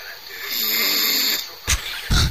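Two loud, rough snores close together, heard over faint television sound in the background.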